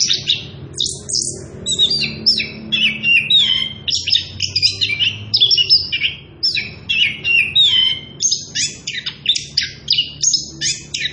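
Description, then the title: Orange-headed thrush song, a long unbroken run of high twittering, whistles and trills with rapid changes of note. Energetic continuous singing (ngerol) at high volume, used as a lure and training recording for young birds (trotolan). "Anis Kembang Gacor. pancingan anis kembang ngerol edan volume dasyattt cocok buat masteran trotolan"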